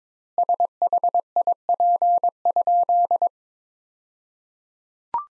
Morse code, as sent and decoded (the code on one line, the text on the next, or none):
... .... .. .--. ..--..
SHIP?